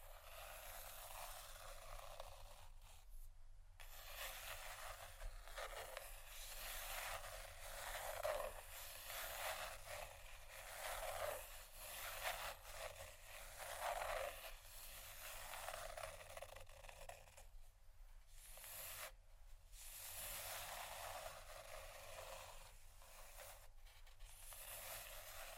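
Soft scratching and tapping on cardboard, a dense, continuous rustle with a bright, papery edge and little low end. The rubbing keeps a steady pace, with a few short pauses near 3, 18 and 23 seconds and small clicks scattered throughout.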